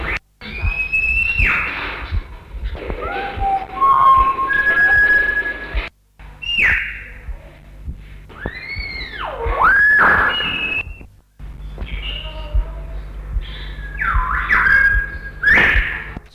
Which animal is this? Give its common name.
Common Hill Myna